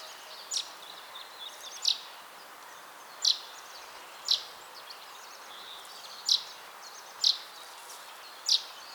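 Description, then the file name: Common chaffinch calling: short high chip notes repeated every one to two seconds, with soft background noise. "Fringilla coelebs"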